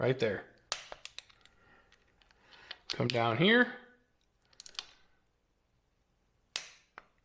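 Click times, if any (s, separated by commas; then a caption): 6.6 s. A click-type torque wrench tightens the steel bolts of a motorcycle's derby (clutch) cover on the primary cover after they have been snugged down, with light ratcheting ticks and taps while someone talks. At 6.6 s the wrench gives one sharp click as it reaches its set torque, followed by a faint tick.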